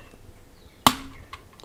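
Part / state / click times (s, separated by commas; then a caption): wheel arbor pivot into clock movement plate / seated / 0.9 s. During reassembly of an old clock striking mechanism, a wheel arbor pivot is worked into its hole in the brass plate and snaps into place with one sharp, loud click at 0.9 s, followed by a brief low ringing tone. Two much fainter ticks follow at about 1.3 s and 1.6 s, and the pivot is seated.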